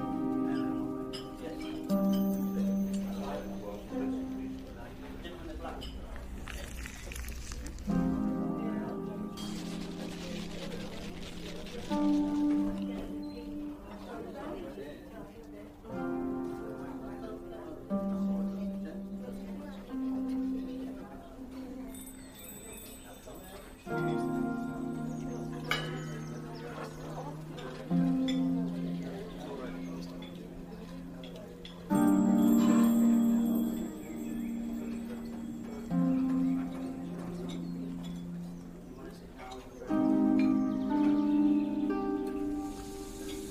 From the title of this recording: Fantasy fairy cafe asmr ambience